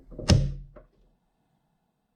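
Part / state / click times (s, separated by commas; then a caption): blower nozzle tube onto cordless leaf blower body / seated / 0.3 s. A plastic blower nozzle tube, lined up with the emblem right side up, is pushed onto the body of a Milwaukee M18 Gen 2 cordless leaf blower (2724-20). A sharp, loud snap at 0.3 s has a low, thunky body that fades over about half a second, followed by a smaller knock near 0.8 s and then silence. The tube snaps into place and is seated on the tool.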